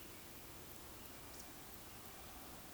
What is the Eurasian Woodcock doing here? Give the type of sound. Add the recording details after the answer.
whistle. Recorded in Baden-Württemberg, Germany, on 9 May 2021 at 19:21 UTC. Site 23718, 552 m above sea level